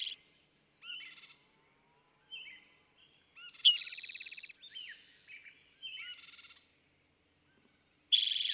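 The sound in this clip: Eastern towhee song: several soft slurred phrases around a loud buzzy trill, with another trill beginning at the very end.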